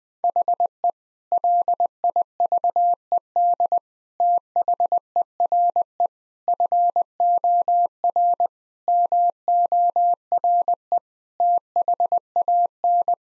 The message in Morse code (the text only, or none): HE LIVED THERE FOR MORE THAN